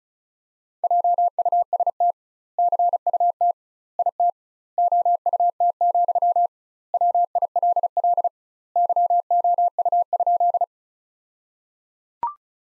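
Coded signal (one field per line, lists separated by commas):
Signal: Morse code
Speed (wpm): 36 wpm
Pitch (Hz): 700 Hz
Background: none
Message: JUST CUT IT OUT, WILL YOU?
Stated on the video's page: Morse practice sentences built from the top 300 words at 35 wpm, with twice the standard word spacing.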